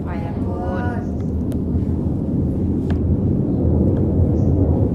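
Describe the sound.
A deep, steady roar of an airplane flying overhead fills the whole stretch, swelling slightly louder toward the end, with a brief murmur of voice near the start.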